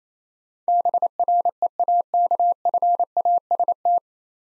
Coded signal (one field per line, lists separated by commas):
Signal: Morse code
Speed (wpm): 28 wpm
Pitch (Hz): 700 Hz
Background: none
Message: BREAKFAST